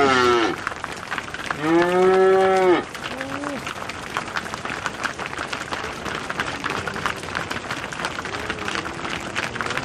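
Cow giving a short moo, then a long drawn-out bellow, followed by fainter moos over steady hissing noise.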